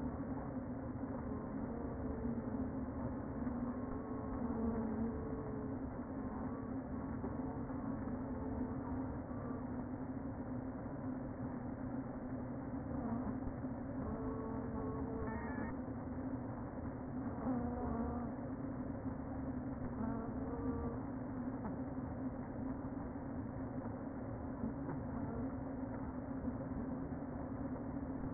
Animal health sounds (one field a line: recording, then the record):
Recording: honeybee colony, microphone inside the hive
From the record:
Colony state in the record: queen present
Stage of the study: before two queens were removed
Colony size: about 60,000 bees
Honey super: yes